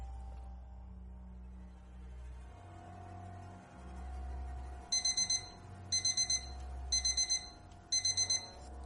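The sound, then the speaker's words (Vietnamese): A morning alarm clock rings in four short bursts of rapid, high-pitched electronic beeping, each about a second long, over a low steady hum after a quiet stretch. “Tiếng chuông đồng hồ báo thức vang lên.”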